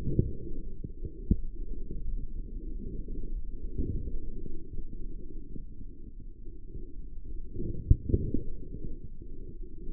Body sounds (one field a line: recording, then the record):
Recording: forearm muscle sounds (acoustic myography)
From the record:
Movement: forearm supination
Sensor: system 3, bracelet of six PUI Audio POM-2738L microphones around the upper forearm, with dedicated amplification and filtering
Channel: 6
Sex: male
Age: 43 years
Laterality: right